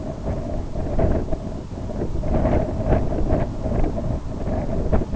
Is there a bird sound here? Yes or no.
no